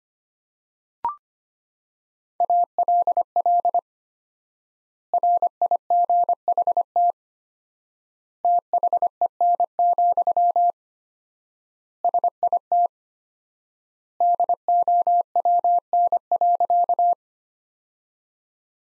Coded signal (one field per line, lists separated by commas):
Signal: Morse code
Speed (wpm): 25 wpm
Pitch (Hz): 700 Hz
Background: none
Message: ALL RIGHT THEN, SIT DOWN.